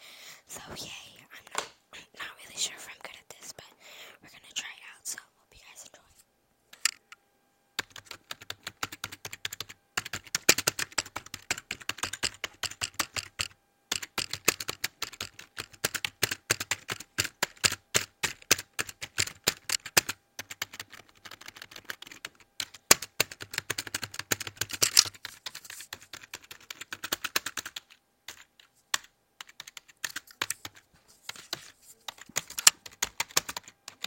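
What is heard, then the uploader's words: Keyboard keys clatter in rapid, uneven bursts of sharp clicks, light and sparse for the first seven seconds, then dense and steady typing through most of the stretch. A brief pause near 23 seconds breaks the run, and quieter scattered clicks return near the end. Keyboard clicking and mouse clicking!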